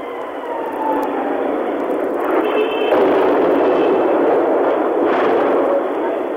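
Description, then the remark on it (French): A thin whistling tone rises over a steady roar above the white rooftops of Phnom Penh at 3 pm, then two heavy explosions boom a couple of seconds apart in the heart of the capital, the whole sound muffled and narrow like an old radio recording. “Un sifflement au-dessus des toits blancs de la ville, une double explosion en plein cœur de la capitale, ce ne sont pas les seuls.”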